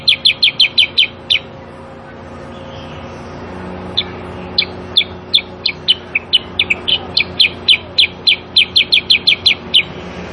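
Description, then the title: Sooty-headed bulbul giving quick bursts of sharp high chirps, a fast run, a short pause, then another long repeated series, with faint hum behind. Recording of a singing, energetic sooty-headed bulbul used as a tutor to train cage birds to answer and copy its song. "Masteran Kutilang Sutra. Kutilang Sutra mana YANG GAK NYAUT dan IKUT BUNYI GACOR dengan suara Kutilang Sutra Super GACOR Ini"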